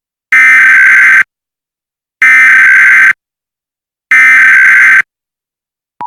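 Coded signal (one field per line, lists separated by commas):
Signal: Emergency Alert System (SAME) tones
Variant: header bursts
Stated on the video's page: Fictional EAS scenario.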